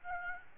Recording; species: mosquito wingbeat signal from an infrared sensor; Aedes albopictus